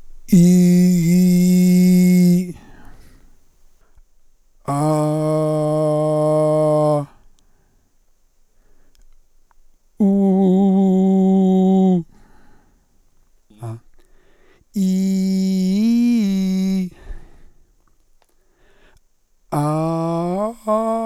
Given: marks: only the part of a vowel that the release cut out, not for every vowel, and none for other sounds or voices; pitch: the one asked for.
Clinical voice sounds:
sustained vowels; male; 60 to 69 years; 2; 2; 2
0.42-2.28 s: vowel /i/, low pitch
4.87-6.85 s: vowel /a/, low pitch
10.12-11.78 s: vowel /u/, low pitch
14.87-16.71 s: vowel /i/, low-high-low pitch
19.64-20.78 s: vowel /a/, low-high-low pitch
From the record:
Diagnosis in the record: cordectomy, ventricular fold phonation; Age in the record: 63 years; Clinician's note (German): Zustand danach, beidseitige Synechie, kompensierte Taschenfaltenstimme

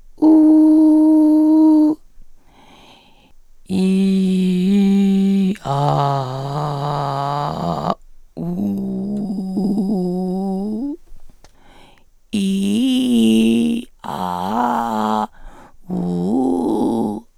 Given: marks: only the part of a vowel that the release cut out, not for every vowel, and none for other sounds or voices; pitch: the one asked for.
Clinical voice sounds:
sustained vowels; female; 40 to 49 years; 2; 2; 1
0.32-1.77 s: vowel /u/, high pitch
3.85-5.41 s: vowel /i/, low pitch
5.90-7.69 s: vowel /a/, low pitch
9.37-10.79 s: vowel /u/, low pitch
12.42-13.68 s: vowel /i/, low-high-low pitch
14.21-15.18 s: vowel /a/, low-high-low pitch
15.99-17.04 s: vowel /u/, low-high-low pitch
From the record:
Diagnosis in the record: recurrent laryngeal nerve paralysis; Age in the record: 47 years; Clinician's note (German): Rechts, Zustand nach Stütze, Interarybereich verdickt geschwollen, Stridor

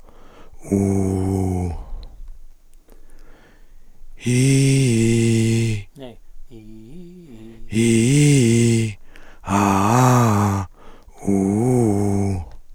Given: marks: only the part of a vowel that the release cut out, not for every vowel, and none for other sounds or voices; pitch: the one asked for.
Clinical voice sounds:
sustained vowels; male; 50 to 59 years; 3; 3; 1
0.79-1.59 s: vowel /u/, low pitch
7.91-8.76 s: vowel /i/, low-high-low pitch
9.69-10.50 s: vowel /a/, low-high-low pitch
11.35-12.22 s: vowel /u/, low-high-low pitch
From the record:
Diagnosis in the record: cordectomy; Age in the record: 54 years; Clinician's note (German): Zustand danach

